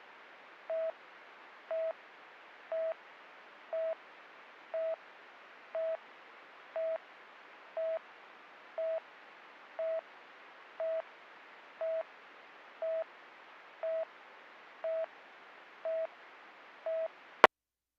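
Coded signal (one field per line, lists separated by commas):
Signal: none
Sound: radio channel beeps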